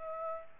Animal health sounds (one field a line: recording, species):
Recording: mosquito wingbeat signal from an infrared sensor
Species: Aedes aegypti